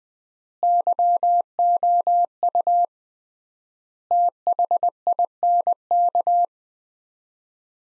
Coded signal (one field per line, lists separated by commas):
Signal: Morse code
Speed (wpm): 21 wpm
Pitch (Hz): 700 Hz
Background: none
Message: YOU THINK